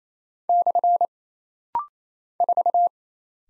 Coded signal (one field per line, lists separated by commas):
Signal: Morse code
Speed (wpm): 27 wpm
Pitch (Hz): 700 Hz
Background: none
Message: / 4